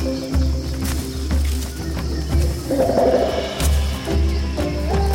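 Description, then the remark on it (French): Dense jungle ambience with a steady low rumble, layered animal calls and bright tropical birdsong, including a burst of chattering calls midway: elephants in the distance, with monkeys and tropical birds overhead amid the foliage. “Au loin, ils entendent des éléphants et au-dessus de leur tête, des singes et des oiseaux tropicaux.”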